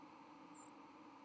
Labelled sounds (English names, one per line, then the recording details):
White-throated Sparrow flight call
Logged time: 09:30 on 31 October 2014